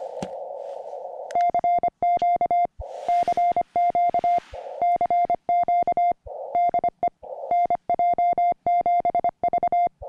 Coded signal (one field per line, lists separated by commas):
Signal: Morse code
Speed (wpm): 25 wpm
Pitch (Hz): 700 Hz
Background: music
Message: CQ CQ CQ DE NJ7V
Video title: 5 watts for Summits on the Air on VHF, HF and CW